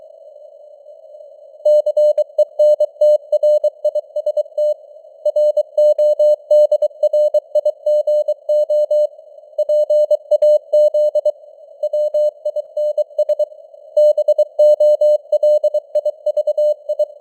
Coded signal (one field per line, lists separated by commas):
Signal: Morse code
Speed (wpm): 23 wpm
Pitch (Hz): 600 Hz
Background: none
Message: CENTRIST RODRIGO PAZ WINS BOLIVI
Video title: Morse Code News | 2025-10-20 | 23wpm